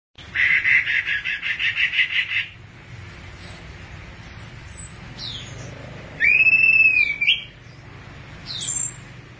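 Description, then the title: Thrush song: a buzzy pulsed trill at first, then a few bright sliding whistled notes, ending with a short high note. "burung anis"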